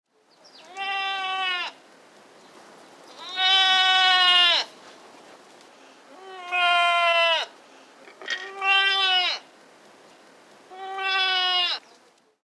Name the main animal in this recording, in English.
Barbary Sheep